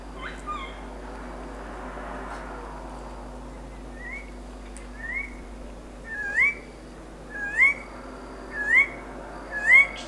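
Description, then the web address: Tiger parrot calls, sharp upslurred whistles repeated roughly every second, swelling in strength over the last few notes, with faint hum beneath. "parrots psittacella"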